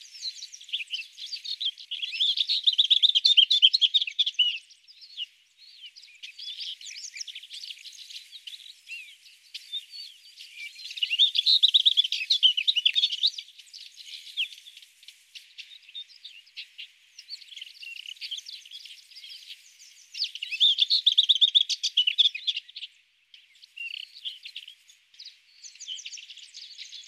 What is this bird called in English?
Lesser Whitethroat